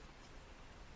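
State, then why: Not seated. A Sena 30K motorcycle intercom headset unit is handled as it is slid down onto its plastic helmet mounting bracket, with only steady, broadband noise-like rustle heard throughout. The unit has not yet seated or clicked onto the mount.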